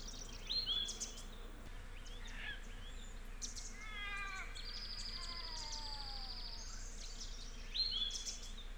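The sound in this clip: Wren singing a rapid high trill of repeated notes after a brief stepped series, with other short bird chirps before and after against steady background hiss.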